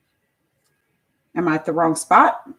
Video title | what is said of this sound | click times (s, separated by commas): 1st LIVE | it didn't snap in place | none